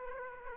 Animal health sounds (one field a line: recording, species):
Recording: mosquito wingbeat signal from an infrared sensor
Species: Aedes aegypti